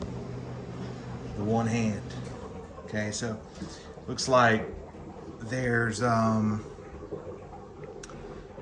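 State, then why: Seated. Someone talks while refitting the heavy front panel of a Lian Li V3000 Plus PC case with one hand. Its retention clips snap into the case frame with sharp clicks at 8.0 s and 8.1 s, and the panel is seated.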